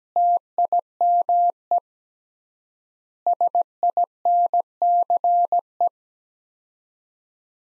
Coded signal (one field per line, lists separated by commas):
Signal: Morse code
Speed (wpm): 17 wpm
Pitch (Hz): 700 Hz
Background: none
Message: TIME SINCE